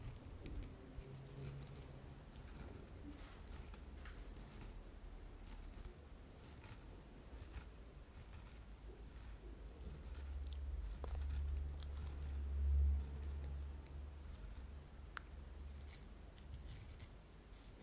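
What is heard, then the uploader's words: Tapping and scratching on glass, a sponge and a purse, heard as soft, irregular taps and rubbing across the whole span. A steady low rumble runs underneath and swells around twelve to thirteen seconds, with a few sharper clicks scattered throughout. ASMR Tapping and Scratching Sounds (Glass, Sponge and Purse).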